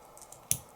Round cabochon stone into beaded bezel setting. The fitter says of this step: so there you go you want it to click into place right there